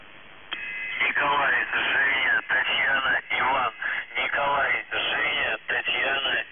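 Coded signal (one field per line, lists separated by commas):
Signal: numbers station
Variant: UVB-76, Russian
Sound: a voice reading Russian words and numbers over a narrow, muffled radio channel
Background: radio static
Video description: Callsign: NZhTI (НЖТИ) Message text: 98 774 SKAZANIYe (СКАЗАНИЕ) 29 59 52 64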